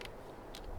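A ratcheting belt strap is worked through its belt buckle, and its notches engage with two faint clicks at 0.0 s and 0.6 s over a low background rumble. The notches seat in the buckle.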